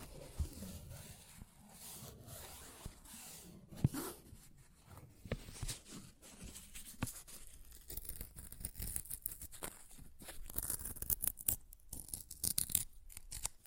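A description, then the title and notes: Paper is ripped and torn in a run of rough, crackling bursts that keep going for the whole stretch. The tearing is uneven, with a sharp loud snap near four seconds, and it turns busier and snappier from about ten seconds on. ASMR Paper Ripping Tearing Sounds (No Talking).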